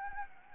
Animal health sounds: mosquito wingbeat signal from an infrared sensor; Anopheles gambiae

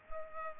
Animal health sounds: mosquito wingbeat signal from an infrared sensor; Culex pipiens

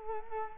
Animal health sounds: mosquito wingbeat signal from an infrared sensor; Culex quinquefasciatus

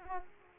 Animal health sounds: mosquito wingbeat signal from an infrared sensor; Culex pipiens

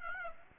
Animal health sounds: mosquito wingbeat signal from an infrared sensor; Aedes aegypti

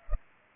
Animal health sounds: mosquito wingbeat signal from an infrared sensor; Culex pipiens

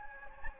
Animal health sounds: mosquito wingbeat signal from an infrared sensor; Anopheles gambiae

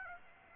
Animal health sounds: mosquito wingbeat signal from an infrared sensor; Aedes aegypti

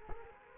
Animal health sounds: mosquito wingbeat signal from an infrared sensor; Culex quinquefasciatus

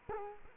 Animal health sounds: mosquito wingbeat signal from an infrared sensor; Culex quinquefasciatus

